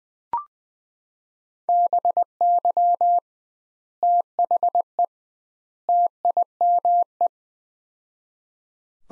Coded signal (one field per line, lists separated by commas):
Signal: Morse code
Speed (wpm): 21 wpm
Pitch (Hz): 700 Hz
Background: none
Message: BY THE TIME